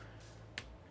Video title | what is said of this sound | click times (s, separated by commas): Building an Asrock Powered Intel Core Ultra 270K Plus system in the H6 Flow | Okay. This those clip nicely. | 0.6 s